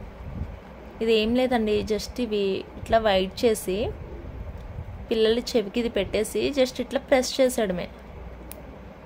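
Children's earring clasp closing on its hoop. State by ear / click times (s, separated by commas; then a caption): seated / 8.5 s. Someone talks while a small children's earring is pressed closed, its clasp closing on its hoop. At 8.5 s a short, sharp click is heard as the clasp locks, confirming the earring is fastened.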